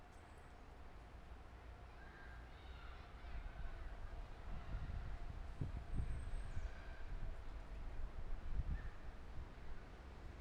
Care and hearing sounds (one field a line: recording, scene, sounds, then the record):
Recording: everyday scene through a hearing-aid microphone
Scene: wind on the microphone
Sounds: squally wind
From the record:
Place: parking lot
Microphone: behind the ear, left, rear